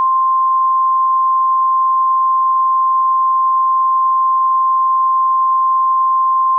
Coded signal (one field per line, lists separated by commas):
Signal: Emergency Alert System (SAME) tones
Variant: 853 and 960 Hz attention tone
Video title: EAS Child abduction emergency for all of texas